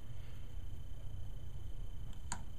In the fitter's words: there there's the click and then I like to screw it in